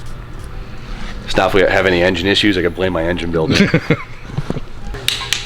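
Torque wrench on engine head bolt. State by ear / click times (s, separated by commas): torque reached / 5.1 s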